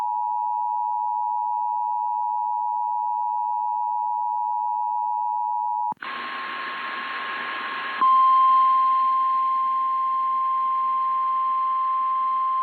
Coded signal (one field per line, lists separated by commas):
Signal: Emergency Alert System (SAME) tones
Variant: 853 and 960 Hz attention tone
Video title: EAS Alert From 6/12/25